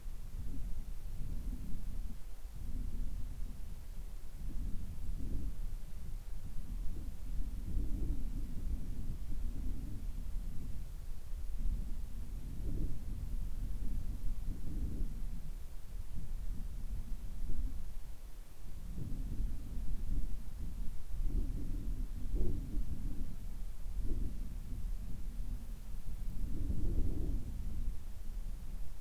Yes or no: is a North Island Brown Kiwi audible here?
no